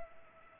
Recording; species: mosquito wingbeat signal from an infrared sensor; Culex pipiens